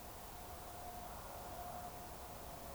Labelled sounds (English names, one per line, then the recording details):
Eurasian Woodcock whistle
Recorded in Baden-Württemberg, Germany, on 15 June 2020 at 02:28 UTC
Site 43791, 788 m above sea level